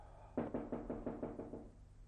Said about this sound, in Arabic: سيمون ينقر على الباب مرة أو مرتين في البداية دون أن يتنبه الشاعر لوجوده